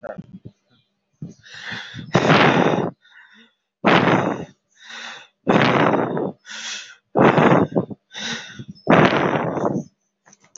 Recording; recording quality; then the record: shallow breathing; moderate, slight background noise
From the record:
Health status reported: healthy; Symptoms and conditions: hypertension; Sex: male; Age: 49 years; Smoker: not ticked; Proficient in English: yes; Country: India